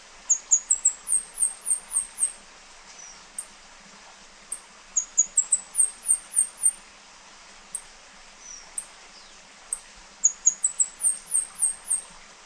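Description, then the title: Bird song of thin, very high chirps in quick runs of notes, repeated in bursts with short pauses. "LuckyPassaro Completos2Sama"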